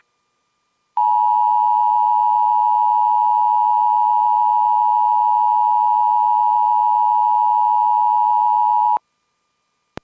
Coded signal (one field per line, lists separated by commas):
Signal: Emergency Alert System (SAME) tones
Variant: 853 and 960 Hz attention tone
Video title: Pennsylvania Child Abduction Emergency (EAS #642)